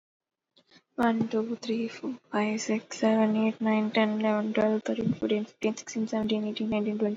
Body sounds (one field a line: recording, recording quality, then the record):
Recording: counting at a normal pace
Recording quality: excellent, no background noise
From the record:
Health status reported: exposed to COVID-19, no respiratory illness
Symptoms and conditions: none ticked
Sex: female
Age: 22 years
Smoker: not ticked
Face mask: worn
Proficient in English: yes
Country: India